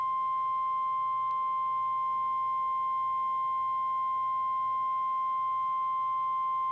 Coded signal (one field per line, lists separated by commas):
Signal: Emergency Alert System (SAME) tones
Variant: 1050 Hz attention tone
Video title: EAS Capture #94 - NWR Required Weekly Test